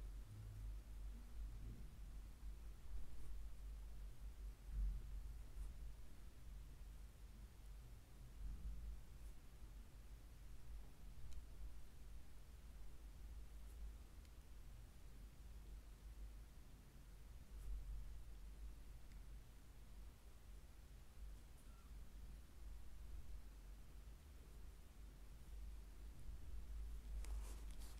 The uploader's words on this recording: ASMR relaxing foot massage.